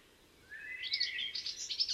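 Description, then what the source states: Garden warbler song beginning after a half-second pause, a fast run of warbled notes rising into a bright, sustained babbling phrase. Encounter with the bird; discreet in plumage but a marvellous singer.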